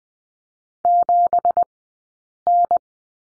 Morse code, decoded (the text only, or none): 7N